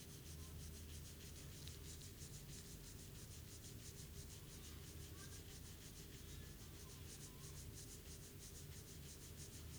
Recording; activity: daily activity, guitar pickup as the sensor; brush teeth